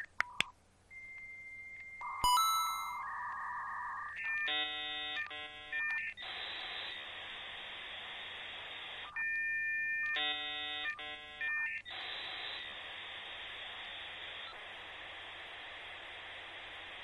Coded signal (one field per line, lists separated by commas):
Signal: dial-up modem handshake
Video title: 🎵 RETRO INTERNET DIAL-UP MODEM - Background Sound Effects [Free Stock Download No Copyright